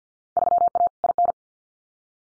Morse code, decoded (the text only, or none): 3A IN